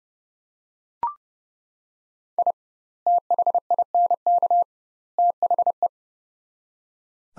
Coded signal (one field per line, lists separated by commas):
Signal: Morse code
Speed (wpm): 30 wpm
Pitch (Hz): 700 Hz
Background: none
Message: I THINK THE